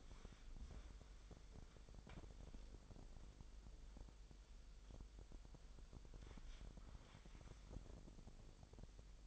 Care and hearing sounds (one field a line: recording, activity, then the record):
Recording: daily activity, microphone in the room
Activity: wipe stove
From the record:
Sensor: 5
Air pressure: 1001.0 hPa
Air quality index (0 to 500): 246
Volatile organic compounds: 34 ppm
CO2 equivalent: 3035 ppm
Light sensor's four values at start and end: 30/67/27/25 and 30/69/28/26